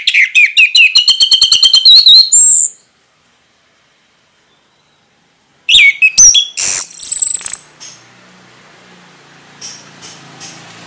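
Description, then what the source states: Orange-headed thrush song: a fast rattling trill with a whistled ending, silence, then another burst of whistles and buzzy notes; faint hum after. Orange-headed thrush (anis merah) singing gacor (in full, persistent song) in the ngeplong style.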